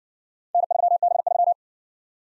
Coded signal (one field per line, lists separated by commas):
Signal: Morse code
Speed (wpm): 55 wpm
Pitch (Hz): 700 Hz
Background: none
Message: N3B3